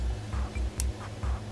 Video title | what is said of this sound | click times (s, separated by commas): Earbud mmcx mod on the VE monk/zen make any earbud detachable Tutorial | can hear that clicking sound and that's | 0.8 s